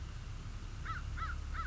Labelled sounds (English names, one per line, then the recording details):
American Crow
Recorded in Sonoma County, California